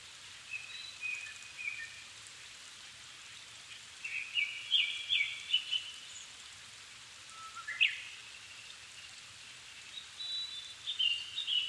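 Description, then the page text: Japanese thrush singing clear whistled phrases, several fluty notes then a quick upslurred whistle, separated by gaps, against constant soft background hiss. Recorded 7 May 2011 at 17:59, evening, at 270 m altitude, on a Sony PCM-D50 with Panasonic WM-61A microphones. "kurotugumi 20110507-1759. Turdus cardis"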